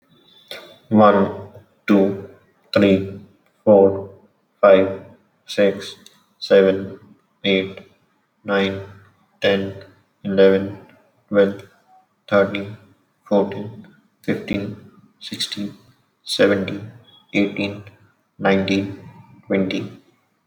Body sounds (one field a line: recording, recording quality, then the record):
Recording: counting at a normal pace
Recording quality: excellent, no background noise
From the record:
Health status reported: recovered from COVID-19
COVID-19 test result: positive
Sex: male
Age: 22 years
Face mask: not worn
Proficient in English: yes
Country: India